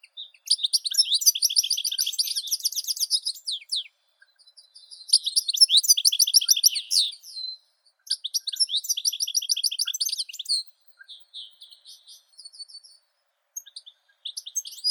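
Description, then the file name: European goldfinch song: several long bursts of high twittering and buzzy trills separated by short pauses, with softer scattered notes near the end. "Golosa ptic - CSHegol Carduelis carduelis"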